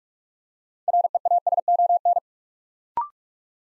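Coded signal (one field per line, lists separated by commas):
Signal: Morse code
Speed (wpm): 44 wpm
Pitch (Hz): 700 Hz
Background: none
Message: REASON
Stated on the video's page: Morse drill at 45 wpm building 6-letter words two letters at a time, for instant character recognition.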